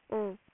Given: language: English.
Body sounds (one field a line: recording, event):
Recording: throat vibration sensor signal played as sound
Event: speech